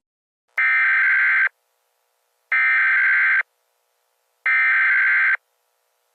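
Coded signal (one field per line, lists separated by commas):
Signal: Emergency Alert System (SAME) tones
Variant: header bursts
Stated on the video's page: Fictional EAS scenario.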